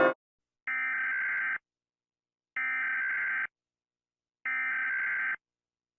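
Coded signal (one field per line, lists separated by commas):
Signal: Emergency Alert System (SAME) tones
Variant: header bursts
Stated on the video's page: Remade EAS alert made with PicsArt and iMovie.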